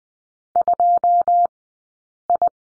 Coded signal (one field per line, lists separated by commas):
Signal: Morse code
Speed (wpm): 20 wpm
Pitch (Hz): 700 Hz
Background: none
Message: 2I